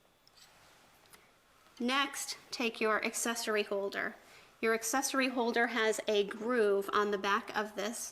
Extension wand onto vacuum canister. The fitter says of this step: go ahead and line those up push down until it clicks into place